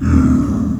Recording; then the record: squeal of a Yucatan mini pig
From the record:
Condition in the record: after surgery on the right vocal fold (resection and tissue-engineered implant); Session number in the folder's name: 11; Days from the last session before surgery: 98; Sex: female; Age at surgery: 19 weeks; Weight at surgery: 25 kg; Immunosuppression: prednisolone